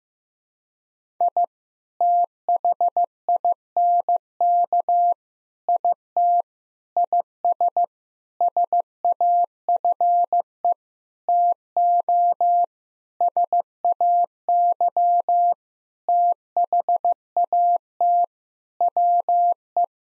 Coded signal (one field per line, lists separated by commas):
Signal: Morse code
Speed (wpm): 15 wpm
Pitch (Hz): 700 Hz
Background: none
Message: I THINK IT IS SAFE TO SAY THAT WE